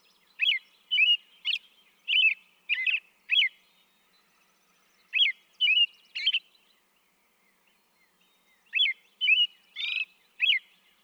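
American robin song in three phrase groups of carol-like whistles, each syllable quickly rising and falling, with pauses of about two seconds between groups.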